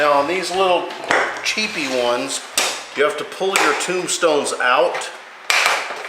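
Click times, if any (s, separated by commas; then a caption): 5.5 s. A plastic fluorescent lamp holder (tombstone) in the housing of a cheap shop-light fixture is pulled out while someone talks. A single sharp snap at 5.5 s marks it locking into place.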